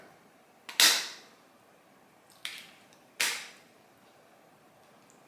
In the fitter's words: All right, 2 clicks. And I did get injected.